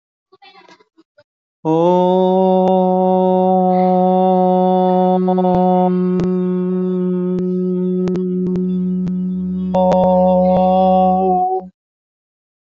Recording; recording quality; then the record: sustained vowel as in boot; excellent, no background noise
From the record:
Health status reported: exposed to COVID-19, no respiratory illness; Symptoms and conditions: none ticked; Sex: male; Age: 45 years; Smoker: not ticked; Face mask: not worn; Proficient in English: yes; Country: India